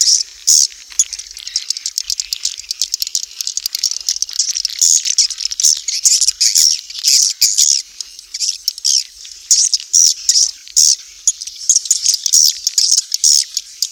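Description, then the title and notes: Swiftlet calls: rapid dry clicks and sharp chirps in a fast, irregular stream, with brief breaks between clustered bursts. From Asia, used in swiftlet farming to attract birds. "Swiflet Bird Sound. Farming Swiflet Bird asia sound"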